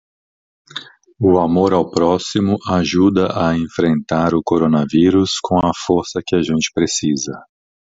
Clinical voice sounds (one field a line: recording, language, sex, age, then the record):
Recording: spoken sentence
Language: Brazilian Portuguese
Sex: male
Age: 50 to 59 years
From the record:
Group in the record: control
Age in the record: 53 years